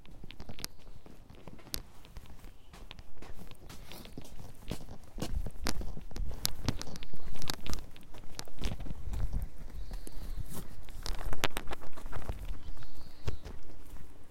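Footsteps on a walk to a seedling greenhouse, a steady run of crunching, scuffing steps that grow louder after about five seconds. Short high bird chirps sound now and then, clearest near ten and thirteen seconds, over a low background rumble.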